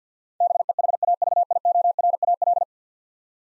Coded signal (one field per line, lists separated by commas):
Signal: Morse code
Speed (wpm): 50 wpm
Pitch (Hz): 700 Hz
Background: none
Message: BEHAVIORAL